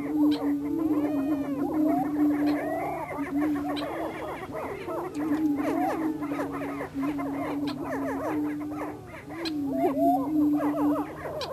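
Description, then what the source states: Greater prairie chicken booming: a steady low moaning hum runs throughout, overlaid by many rapid, irregular cackles, whoops and rising squeals from several birds calling at once. Recorded in Missouri.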